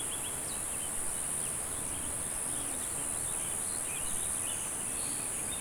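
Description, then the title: Cicadas sustain a shrill, unchanging buzz; a few soft bird chirps and whistles come and go over a steady low background rumble. "neoscenes: cicadas"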